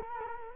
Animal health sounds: mosquito wingbeat signal from an infrared sensor; Culex quinquefasciatus

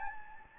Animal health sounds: mosquito wingbeat signal from an infrared sensor; Anopheles gambiae

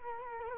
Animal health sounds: mosquito wingbeat signal from an infrared sensor; Culex quinquefasciatus

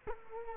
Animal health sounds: mosquito wingbeat signal from an infrared sensor; Culex quinquefasciatus

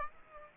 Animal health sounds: mosquito wingbeat signal from an infrared sensor; Aedes aegypti

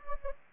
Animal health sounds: mosquito wingbeat signal from an infrared sensor; Anopheles gambiae

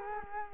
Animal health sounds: mosquito wingbeat signal from an infrared sensor; Culex quinquefasciatus

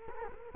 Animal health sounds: mosquito wingbeat signal from an infrared sensor; Culex quinquefasciatus

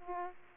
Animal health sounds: mosquito wingbeat signal from an infrared sensor; Aedes aegypti

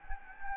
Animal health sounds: mosquito wingbeat signal from an infrared sensor; Anopheles gambiae

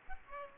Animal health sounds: mosquito wingbeat signal from an infrared sensor; Aedes aegypti

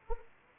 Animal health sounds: mosquito wingbeat signal from an infrared sensor; Anopheles arabiensis

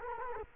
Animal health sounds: mosquito wingbeat signal from an infrared sensor; Culex quinquefasciatus

